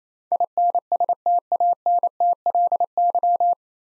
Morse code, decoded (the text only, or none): INSTANTLY